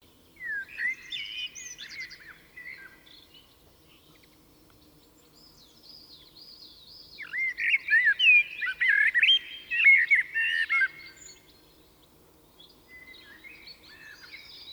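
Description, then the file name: Common blackbird singing two main warbled phrases with a long quiet gap between them, and thin high twitters. "Turdus merula"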